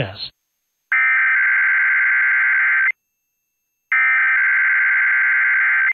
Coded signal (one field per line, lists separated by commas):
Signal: Emergency Alert System (SAME) tones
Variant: header bursts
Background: speech